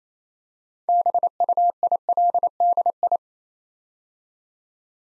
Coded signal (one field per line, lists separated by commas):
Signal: Morse code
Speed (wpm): 28 wpm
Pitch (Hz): 700 Hz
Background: none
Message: BUILDI